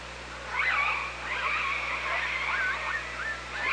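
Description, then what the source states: Killer whale calls in quick succession: wavering, up-and-down pulsed calls, several overlapping, over steady underwater hiss and low hum. Recorded on the OrcaLab hydrophone at Parson Island, 24 August 2017, 15:35.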